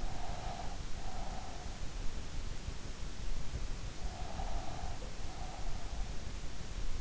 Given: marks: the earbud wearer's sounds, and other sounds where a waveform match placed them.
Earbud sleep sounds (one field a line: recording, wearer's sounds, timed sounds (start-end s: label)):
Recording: sounds in sleep by an in-ear microphone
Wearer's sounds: breath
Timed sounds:
0.00-1.87 s: breath
4.02-5.90 s: breath